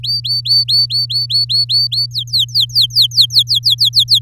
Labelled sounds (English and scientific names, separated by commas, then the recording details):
Domestic Canary (Serinus canaria) song
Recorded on 8 May 2018 at 16:43
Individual llb16